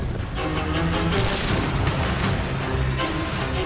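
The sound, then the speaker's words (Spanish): A 17-pounder anti-tank gun fires, its first shot hitting a barn, within a dense, unbroken roar of battle noise, heavy booms blurring into a steady rumbling clatter with no speech. “El primer disparo del 17 Pounder impacta en un granero.”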